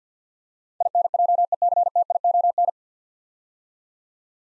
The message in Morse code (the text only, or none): INJECTION